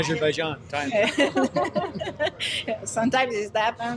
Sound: laughter